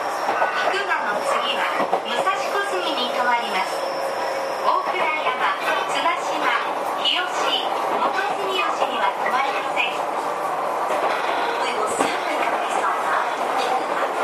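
Aboard a Tokyu 5050 series train, steady running rumble and rattling under constant overlapping chatter of passengers, with a brief dip near twelve seconds.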